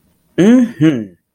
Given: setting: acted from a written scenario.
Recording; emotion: vocal sound without words; triumph